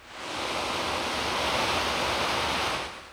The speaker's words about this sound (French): Ce sont vos horribles sons électriques. On les appelle des sons blancs. Vous savez pourquoi ? Bien sûr que non. Ne trouvez-vous pas qu'il ressemble au son de roseau précédent ?